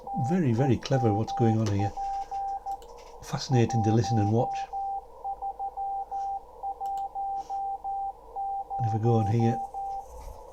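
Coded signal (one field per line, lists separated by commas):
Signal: Morse code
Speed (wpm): 14 wpm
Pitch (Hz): 790 Hz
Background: speech, radio noise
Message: TEMP 1310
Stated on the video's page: Live reception at 75 miles of a 10mW 2m CW beacon carried by a weather balloon climbing to 95,000 feet.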